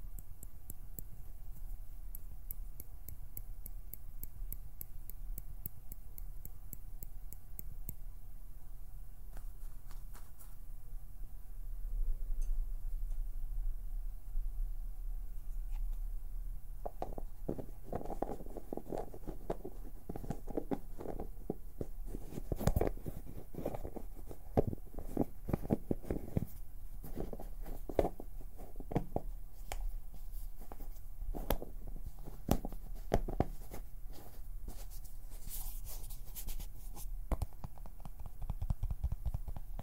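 Plucking, pinching and finger fluttering make dense, irregular ticking clicks over a low steady hum, growing busier and louder after about seventeen seconds.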